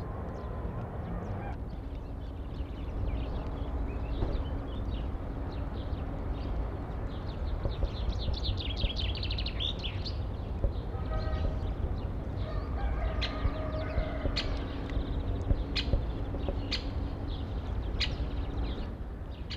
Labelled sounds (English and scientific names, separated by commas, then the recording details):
Common Chaffinch (Fringilla coelebs) song
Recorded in the wild
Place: Hafling, Bozen, IT
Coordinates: 46.5306, 10.9525
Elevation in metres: 1302
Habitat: mountains
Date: 1981-03-26
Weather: bedeckt
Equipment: Uher 4000 Report, Sennheiser MKH 815 T
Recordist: Tretzel, Erwin